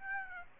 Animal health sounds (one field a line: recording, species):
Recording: mosquito wingbeat signal from an infrared sensor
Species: Aedes aegypti